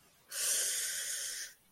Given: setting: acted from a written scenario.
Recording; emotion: vocal sound without words; pain